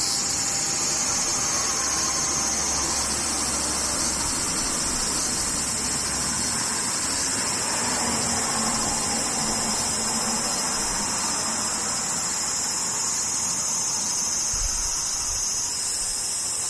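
Cicadas drone in a dense, unbroken high whine throughout, with a faint low rumble underneath, briefly stronger early on and near fifteen seconds.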